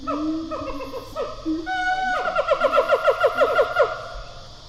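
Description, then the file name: Siamang pair call: a few descending hoots, then a fast run of sharp barking notes, several per second, fading at the end over a faint hum. Distant siamang pair call, recorded in stereo. "Animal Gibbon Siamang pair call 02 distant"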